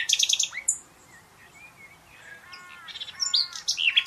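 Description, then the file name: Common nightingale song: a quick burst of sharp notes, a soft quiet whistle, then a series of clear notes and bright chirps. "Luscinia megarhynchos"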